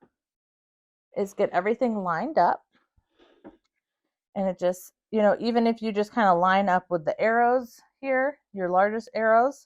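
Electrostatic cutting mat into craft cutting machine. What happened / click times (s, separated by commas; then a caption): The part was only being lined up, with no seating click / none. A plastic electrostatic cutting mat is being lined up with the arrow marks on a Silhouette Cameo 5 craft cutting machine, to be clicked in one side at a time. Someone talks throughout the clip, and no click or impact is heard. Nothing has seated or clicked yet.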